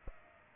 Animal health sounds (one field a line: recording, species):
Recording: mosquito wingbeat signal from an infrared sensor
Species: Aedes aegypti